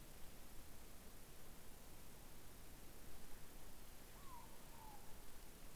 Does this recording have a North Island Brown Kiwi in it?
no